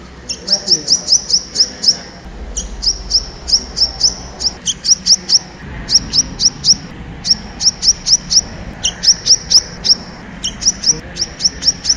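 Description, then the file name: Plain-throated sunbird song: rapid bursts of high, sharp, ticking notes, repeated in quick rows separated by short gaps, continuing steadily for the whole stretch. "kolibri kelapa omkicau"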